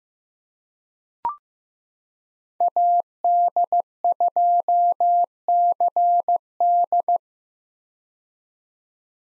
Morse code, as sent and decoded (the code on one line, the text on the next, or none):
.- -.. ..--- -.-. -..
AD2CD